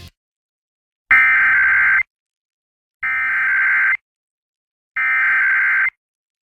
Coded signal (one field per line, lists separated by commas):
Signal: Emergency Alert System (SAME) tones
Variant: header bursts